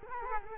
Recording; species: mosquito wingbeat signal from an infrared sensor; Culex quinquefasciatus